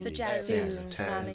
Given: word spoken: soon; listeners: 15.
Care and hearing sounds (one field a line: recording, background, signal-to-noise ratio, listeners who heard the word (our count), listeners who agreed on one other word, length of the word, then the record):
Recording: one English word in noise, from a listening test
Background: four-talker babble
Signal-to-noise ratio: -1.0 dB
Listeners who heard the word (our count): 3 of 15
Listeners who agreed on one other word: 11 of 15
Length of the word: 0.94 s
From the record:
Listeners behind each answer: 11, 3, 1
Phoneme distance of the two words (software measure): 41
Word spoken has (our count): 1 syllable, 3 phonemes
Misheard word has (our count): 2 syllables, 6 phonemes, stress on syllable 2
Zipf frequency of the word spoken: 5.30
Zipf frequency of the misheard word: 4.63